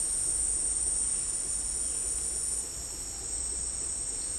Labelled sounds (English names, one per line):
none